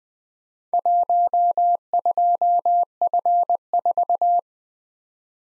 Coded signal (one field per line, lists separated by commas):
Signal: Morse code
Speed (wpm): 20 wpm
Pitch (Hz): 700 Hz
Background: none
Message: 12F4